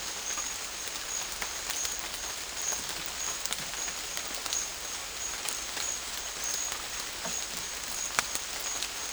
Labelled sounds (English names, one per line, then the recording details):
none
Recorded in dense forest near Puerto Asís, Putumayo, Colombia, on 21 December 2024 at 10:30
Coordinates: 0.485, -76.318
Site GP03